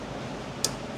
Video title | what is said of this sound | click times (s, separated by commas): FUEL SYSTEM FAILURE on Rare DMAX Dually! Part 2 BREAKDOWN | Secondary click. All right, lines are in. | 0.6 s